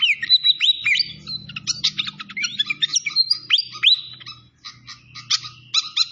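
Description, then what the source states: Malaysian pied fantail whistling with upslurred and downslurred notes mixed with quick chirps, over a steady low hum. Masteran (training recording) of a clear-voiced fantail, mixed with the sound of flowing water.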